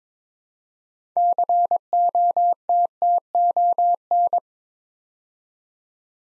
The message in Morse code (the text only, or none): COTTON